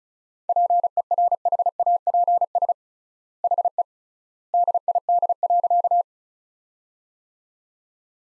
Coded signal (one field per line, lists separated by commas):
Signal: Morse code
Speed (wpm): 36 wpm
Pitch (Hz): 700 Hz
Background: none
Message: PERHAPS HE DID.